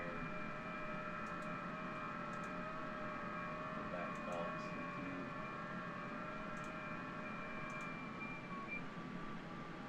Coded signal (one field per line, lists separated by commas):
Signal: FT8